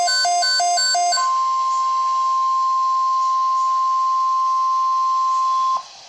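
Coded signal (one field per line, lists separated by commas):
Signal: Emergency Alert System (SAME) tones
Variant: 1050 Hz attention tone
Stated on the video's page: Tornado Watch EAS alert received on NOAA Weather Radio stations in Odell and Bloomington, issued by the Storm Prediction Center.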